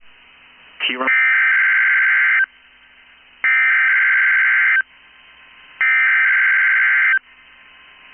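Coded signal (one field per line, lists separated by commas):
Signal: Emergency Alert System (SAME) tones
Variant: header bursts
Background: speech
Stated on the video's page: EAS Required Weekly Test.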